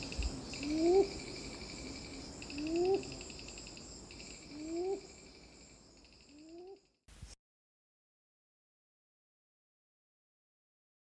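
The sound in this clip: Red-billed ground cuckoo calling with short, low, upslurred hoots about every two seconds; pulsing insects trill above, then the sound cuts off into silence.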